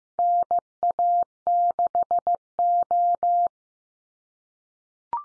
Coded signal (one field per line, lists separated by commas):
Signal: Morse code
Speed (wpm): 15 wpm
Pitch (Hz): 700 Hz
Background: none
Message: NA6O